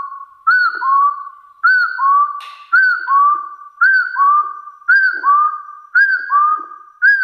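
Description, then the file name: Hill partridge repeating a clear two-part whistle, the first note arched and the second lower and rising, about once per second. "Tieng ga so nui"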